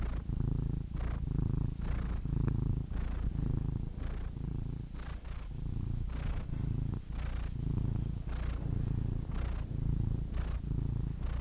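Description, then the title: Domestic cat purr, a low continuous rumble with rhythmic airy breaths roughly every second. Compilation of domestic cats ranging from kittens to old cats. "The Ultimate Compilation of Adorable Cat Meows"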